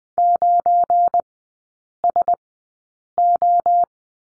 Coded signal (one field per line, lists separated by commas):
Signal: Morse code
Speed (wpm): 20 wpm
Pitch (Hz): 700 Hz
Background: none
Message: 9SO